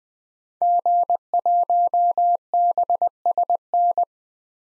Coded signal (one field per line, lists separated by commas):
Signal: Morse code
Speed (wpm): 20 wpm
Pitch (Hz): 700 Hz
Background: none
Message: G1BSN